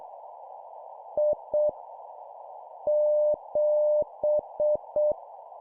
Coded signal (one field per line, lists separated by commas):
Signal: Morse code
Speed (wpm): 7 wpm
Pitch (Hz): 600 Hz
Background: none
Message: I 7